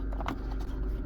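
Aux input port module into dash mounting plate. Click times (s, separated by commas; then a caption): 0.3 s. A new plastic aux input port module for a 2012 Honda Civic is pressed by hand into its dash mounting plate. Two faint ticks at 0.1 and 0.2 s lead to a sharp snap at 0.3 s as the module clicks into place and is seated.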